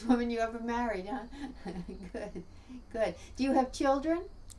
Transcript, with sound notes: woman you ever married, huh. ( She laughs. ) Good. Good. Do you have children?